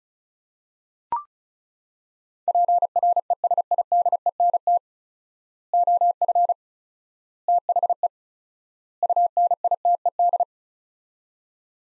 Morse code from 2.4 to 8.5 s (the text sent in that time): PRESIDENT OF THE